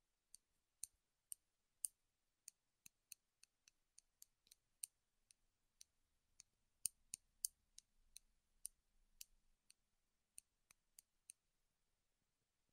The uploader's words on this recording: ASMR Wood Triggers in Your Ears (No Talking).